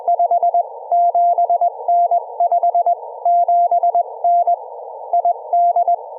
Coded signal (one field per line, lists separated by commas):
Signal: Morse code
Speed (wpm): 15 wpm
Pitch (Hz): 700 Hz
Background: none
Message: 57N 57N ID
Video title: Part 2: 14 WPM CW Practice Parks on the Air Activation with an IC-705 Monterey, CA